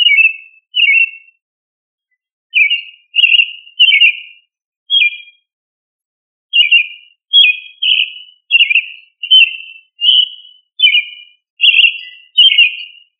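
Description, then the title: Thrush singing a series of short fluty whistled phrases, steady and repeated, with two longer pauses. "Familia Turdidae - Sabia"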